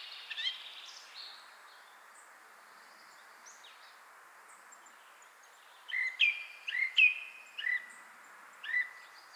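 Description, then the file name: Song thrush singing: a few varied notes, a quieter stretch, then a louder series of clear, short repeated phrases. "Zanglijster Turdus philomelos"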